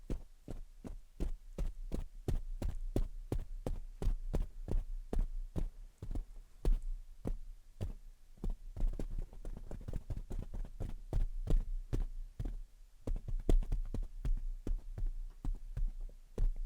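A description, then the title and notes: Gentle tapping with soft scratching, the taps falling steadily at first, then quickening and crowding together after eight seconds over a low hum. Gentle Tapping and Scratching. (No Talking).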